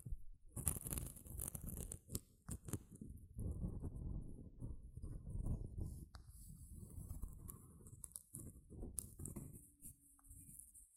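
Gentle scratching runs almost without pause, a soft, dense rasping mostly low in pitch, with a thin hiss riding high above it. Sharper clicks and taps break through every second or so, and the scratching thins out near the end, where a faint hum appears.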